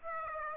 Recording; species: mosquito wingbeat signal from an infrared sensor; Aedes aegypti